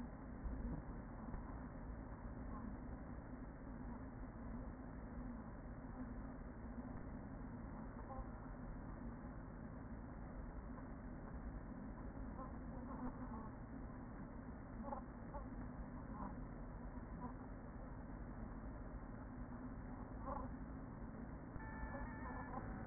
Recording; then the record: honeybee colony, microphone inside the hive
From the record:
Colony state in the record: queen present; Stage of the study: after two queens were removed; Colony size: about 40,000 bees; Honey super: no